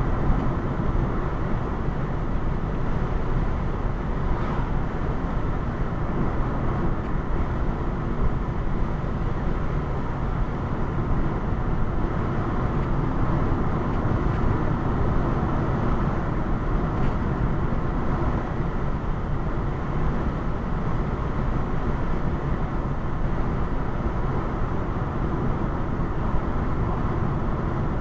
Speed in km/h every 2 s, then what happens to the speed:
105, 105, 105, 105, 105, 105, 105, 105, 105, 105, 105, 105, 105, 105.
0-28 steady at about 105.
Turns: none.